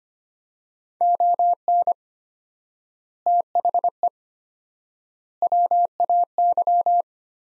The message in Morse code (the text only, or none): ON THE WAY